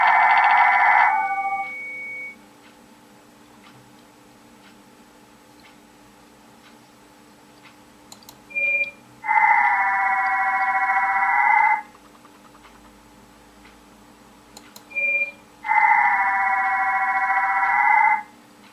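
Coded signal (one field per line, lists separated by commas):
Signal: digital SSTV (DRM)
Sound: three bursts of dense multi-tone warbling chords, each framed by short 500 and 2300 Hz tones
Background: Czech speech, music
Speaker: tadydle na začátku je 500 HZ a tady je 2 300 HZ takže ukázka ještě [Hudba] jednou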